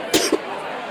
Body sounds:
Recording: coughing mixed with background sound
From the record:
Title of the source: 55 gaggy wet cough

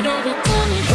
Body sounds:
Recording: coughing mixed with background sound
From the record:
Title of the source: female coughing - coughing sound effects girl

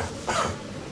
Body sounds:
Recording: coughing mixed with background sound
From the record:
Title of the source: Spring Cold Coughing 2

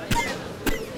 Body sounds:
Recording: coughing mixed with background sound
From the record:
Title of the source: Coughing 51

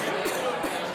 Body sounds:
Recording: coughing mixed with background sound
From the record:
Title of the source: Single wet cough

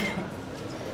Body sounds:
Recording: coughing mixed with background sound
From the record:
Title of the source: Man Coughing Sound - Wet Cough Sound Effect

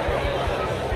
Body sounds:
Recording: background sound without coughing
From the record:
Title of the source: CITY SOUNDS Busy Bar in the Evening Night - 2 HOURS of Ambiance for Relaxation

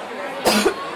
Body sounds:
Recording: coughing mixed with background sound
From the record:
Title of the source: 61 morning phlegmy cough...again

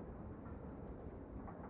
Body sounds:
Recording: background sound without coughing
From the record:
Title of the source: Train Ride Ambience ambient white noise for sleeping, focus, studying, reading

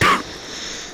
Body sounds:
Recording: coughing mixed with background sound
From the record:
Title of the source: 31 night wet cough

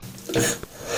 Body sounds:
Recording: coughing mixed with background sound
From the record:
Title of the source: Cough Around the Clock!

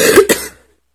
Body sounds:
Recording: coughing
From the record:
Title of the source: 30 Chesty and wet cough

